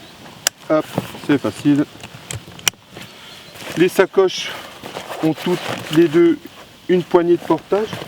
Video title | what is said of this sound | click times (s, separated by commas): Présentation du Float tube MADCAT belly boat | Il se clipse comme ça. Hop, | 0.5 s